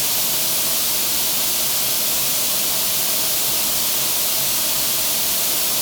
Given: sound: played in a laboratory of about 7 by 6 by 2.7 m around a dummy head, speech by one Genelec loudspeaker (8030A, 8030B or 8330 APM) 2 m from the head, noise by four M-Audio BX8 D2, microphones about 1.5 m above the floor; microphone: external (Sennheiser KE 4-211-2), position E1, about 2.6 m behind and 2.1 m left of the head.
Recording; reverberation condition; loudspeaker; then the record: white noise; high; four, about 170 cm from the corners of the room and facing them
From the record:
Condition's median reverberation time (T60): about 1300 ms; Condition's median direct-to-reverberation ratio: about -4.0 dB